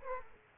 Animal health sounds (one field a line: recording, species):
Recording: mosquito wingbeat signal from an infrared sensor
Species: Aedes aegypti